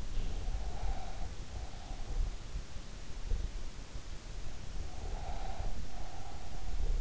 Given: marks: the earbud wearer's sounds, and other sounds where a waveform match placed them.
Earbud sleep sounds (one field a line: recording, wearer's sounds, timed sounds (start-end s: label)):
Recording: sounds in sleep by an in-ear microphone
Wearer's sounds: breath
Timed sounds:
0.32-2.42 s: breath
4.88-7.01 s: breath